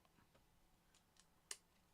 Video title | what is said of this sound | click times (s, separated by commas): TayRayGun Building Block Live Show! | Bop. I love that snap sound. | 1.5 s